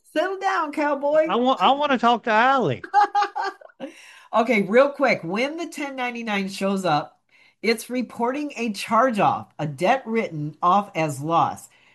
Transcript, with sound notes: Settle down, cowboy.
I want, I want to talk to Allie.
(laughs) Okay, real quick. When the 1099 shows up, it's reporting a charge-off, a debt written off as loss.